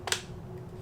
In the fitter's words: a little click and that fills the gap fits nice and flush